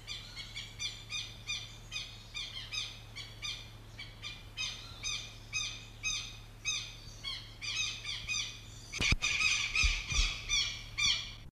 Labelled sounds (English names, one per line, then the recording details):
Southern Lapwing call
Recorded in captivity
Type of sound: call
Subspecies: cayennensis
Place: Zoo Krefeld, DE
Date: 1975-02-14
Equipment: Halbspur, 9,5 cm/s
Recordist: Lütgens, Hans
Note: Fühlen sich bei Brut gestört